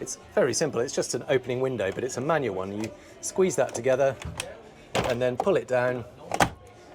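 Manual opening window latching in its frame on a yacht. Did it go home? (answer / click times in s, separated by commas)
yes / 6.3 s, 6.4 s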